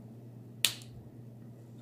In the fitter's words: pop it out. You'll hear it click.